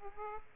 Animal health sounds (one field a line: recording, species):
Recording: mosquito wingbeat signal from an infrared sensor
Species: Aedes aegypti